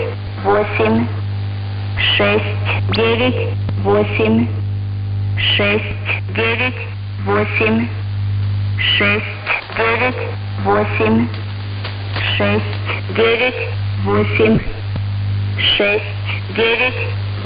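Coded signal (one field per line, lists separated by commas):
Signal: numbers station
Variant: S06s Russian Lady, Russian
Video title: 03 02 2022 Number station S06s Russian Lady in Russian to Eu 0940 on 9540 unknown tx site in CUSB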